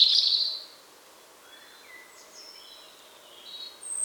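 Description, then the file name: European robin song: a loud high phrase at the start, then faint thin whistled notes drifting up and down, and a quieter high phrase near the end. "Erithacus rubecula"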